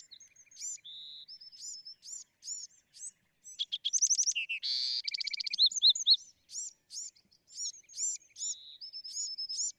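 Bewick's wren song: brief whistled tones and high arched notes, a loud middle section of fast trills and a harsh buzz, then more spaced high notes.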